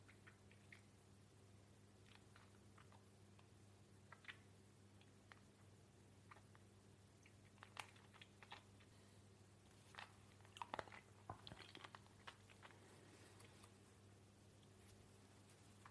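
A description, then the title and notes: A person eating, with scattered crunchy clicks and smacks of chewing spread across the clip, busiest between about ten and thirteen seconds. A steady low hum runs underneath the whole time without change. A PERSON EATING.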